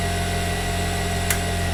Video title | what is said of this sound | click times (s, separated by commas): Usha S2E1 Auto Cutter Sewing Machine / FULL SATUP NEW Silai Machine #usha pat2 | तो दोस्तों, आप देख सकते हैं कि भरने के बाद यह अपने आप बंद हो जाता है , और यह आगे नहीं भरेगा। यह लॉक नहीं हो रहा है, और यह तभी भरेगा जब इसे लॉक किया जाएगा। | 1.3 s